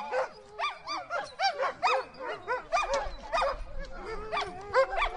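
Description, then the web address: Several dogs barking in quick, overlapping bursts, sharp yaps with a few whines in between. "chiens qui aboient"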